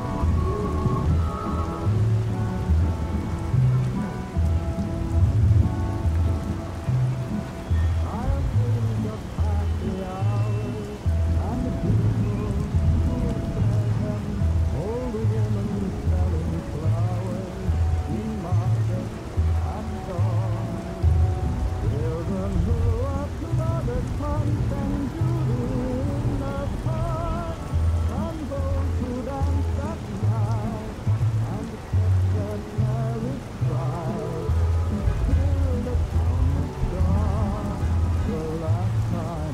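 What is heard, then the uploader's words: Old pop music plays muffled from another room, its steady bass line thumping out a regular walking pattern under faint wavering vocals and melody. A constant hiss of traffic from an open window washes over everything at an even level for the whole stretch. A Perfect Parisian Night (Music Playing With Traffic Noises). Oldies In Another Room While Traffic Noises Play Out The Open Window.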